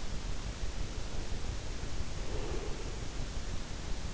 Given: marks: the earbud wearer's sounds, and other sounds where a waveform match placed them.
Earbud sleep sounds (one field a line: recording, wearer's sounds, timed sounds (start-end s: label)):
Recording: sounds in sleep by an in-ear microphone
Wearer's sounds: breath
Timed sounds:
0.66-3.10 s: breath